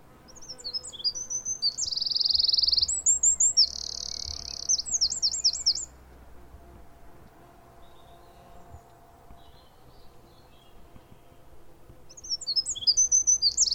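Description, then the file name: Eurasian wren song: a loud, high, rapid run of sharp notes and fast trills lasting about five seconds, then quiet before another burst of song begins near the end. "Troglodytes troglodytes"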